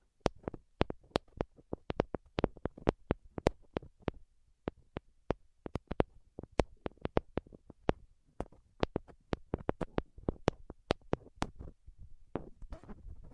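Sharp, crisp tapping repeats throughout without any talking, each tap a quick bright click over a quiet background. The taps come in an uneven but steady stream, a few per second, some louder than others, with faint softer scratchy touches between them.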